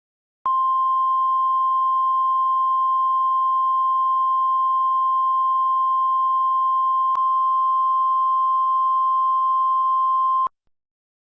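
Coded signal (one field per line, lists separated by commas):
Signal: Emergency Alert System (SAME) tones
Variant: 1050 Hz attention tone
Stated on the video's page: Fictional EAS scenario, not a real alert.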